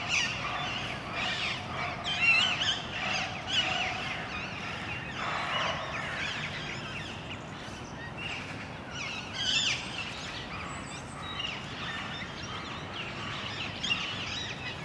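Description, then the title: Parakeets giving a dense chorus of harsh, screeching calls, with overlapping shrill notes rising and falling throughout and louder bursts near two and ten seconds. Parakeets in Parc Duden, Forest, Brussels, Belgium, just before nightfall; recorded with a handheld recorder's internal XY microphones. "Parc Duden, Forest, Bruxelles-Capitale, Belgique - Parakeets - Perruches"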